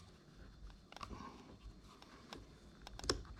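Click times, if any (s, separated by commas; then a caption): 3.1 s. While replacing the fuel filter on a ZX14R / ZZR1400 motorcycle, the fuel filter fitting is pressed back down into the fuel pump assembly amid faint handling clicks near 1.0 and 2.3 seconds. It snaps into place with a sharp, distinct snap at 3.1 seconds, and the fitting is seated.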